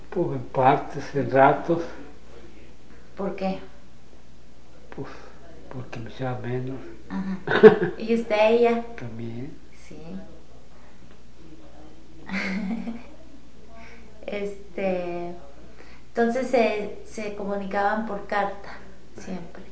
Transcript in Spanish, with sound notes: Pos en partes, en ratos.
¿Por qué?
Pos porque lo echaba menos.
(risas) Y, ¿usted a ella?
También.
Sí. Entonces, ¿se comunicaban por carta siempre?